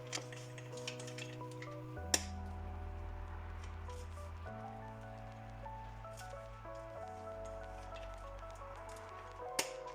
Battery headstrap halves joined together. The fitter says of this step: letters that appears on them and press until you hear a clicking noise on both sides.